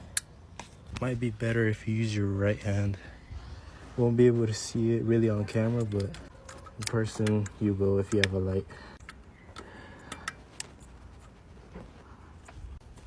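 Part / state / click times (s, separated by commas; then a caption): wiring connector onto VTEC spool valve solenoid / seated / 10.6 s. An electrical wiring connector is plugged onto the VTEC spool valve solenoid of a 2007 Honda Accord 2.4L after its bolts are torqued, while someone talks. Several small ticking sounds follow as the connector is worked into place, with the sharpest click at 10.6 s as it latches. The connector is seated.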